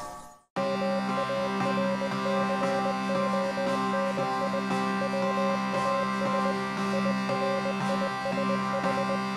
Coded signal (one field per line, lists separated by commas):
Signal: Morse code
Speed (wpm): 20 wpm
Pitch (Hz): 550 Hz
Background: music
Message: MARCONI WAS IRISH